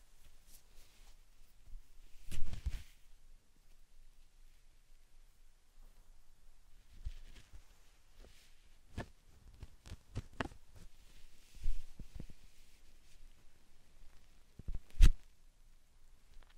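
Slime sand being handled, with sparse, crisp clicks and soft squishes over a near-silent background. Louder squelching bursts come around 2.5, 7, 12 and 15 seconds, separated by irregular runs of light popping and tapping.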